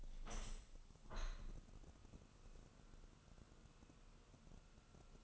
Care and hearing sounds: daily activity, microphone in the room; open window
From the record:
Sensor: 4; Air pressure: 1001.2 hPa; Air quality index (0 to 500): 176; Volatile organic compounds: 2 ppm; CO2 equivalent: 1262 ppm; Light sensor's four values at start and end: 12/28/11/12 and 12/28/11/12

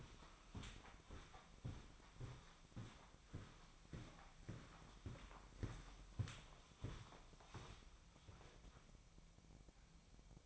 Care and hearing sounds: daily activity, microphone in the room; walk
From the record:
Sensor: 1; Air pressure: 1009.3 hPa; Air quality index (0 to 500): 187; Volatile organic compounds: 4 ppm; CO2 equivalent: 1578 ppm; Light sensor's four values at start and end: 52/138/57/69 and 51/138/56/69

